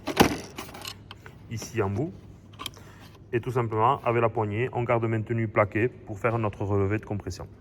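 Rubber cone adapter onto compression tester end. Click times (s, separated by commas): 0.2 s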